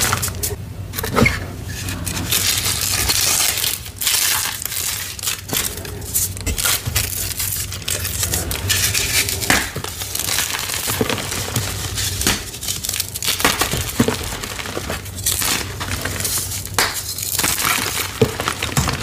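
Dyed gym chalk is crushed and crumbled in a steady run of crisp, crackling crunches with no real pauses. Sharp snaps stand out every second or two over a dense bed of bright crinkling, and a faint low hum sits underneath throughout.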